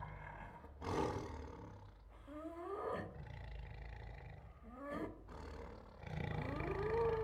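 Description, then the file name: Siberian tiger roaring and snarling: harsh bursts near one, three and five seconds with rising, wavering tones, then a long rumbling growl that swells toward the end. Several Siberian tigers, angry, giving growls, roars and snarls. "Sound Ideas. Siberian Tigers Make Angry Growls, Roars and Snarls"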